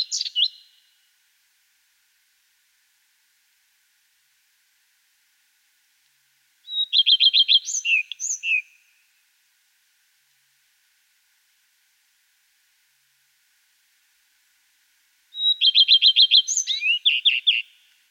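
Common redstart: the end of one song, then two full songs separated by long silences, each a short whistle, a rattle of repeated notes and a twittering finish.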